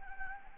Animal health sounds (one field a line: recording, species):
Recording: mosquito wingbeat signal from an infrared sensor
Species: Anopheles gambiae